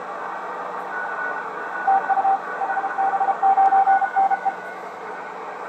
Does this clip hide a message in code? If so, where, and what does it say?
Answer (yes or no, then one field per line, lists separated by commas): yes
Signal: Morse code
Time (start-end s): 1.9-4.5 s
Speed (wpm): 30 wpm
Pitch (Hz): 780 Hz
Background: none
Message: TU HB9NE